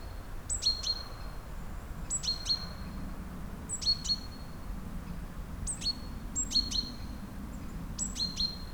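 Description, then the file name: Great tit calling: a high note slides down to two bright lower notes, repeated several times against soft background hum. "Parus major"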